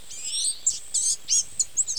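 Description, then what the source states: Blue-gray Gnatcatcher giving thin, high, slightly buzzy call notes, a drawn-out wavering note followed by several short sharp ones, over a quiet background. Recorded at Mitchell Lake.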